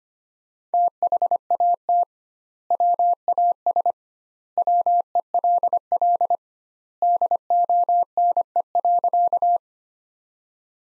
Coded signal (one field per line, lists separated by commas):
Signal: Morse code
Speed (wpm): 25 wpm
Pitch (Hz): 700 Hz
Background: none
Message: THAT WAS WELL DONE.